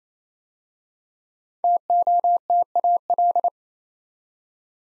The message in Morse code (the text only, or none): TOTAL